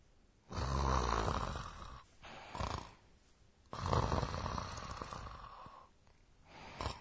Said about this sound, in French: C'est quelqu'un qui ronfle, n'est-ce pas ? Voici le mot pour ce son. Gugu. Gugu. C'est une personne qui dort profondément.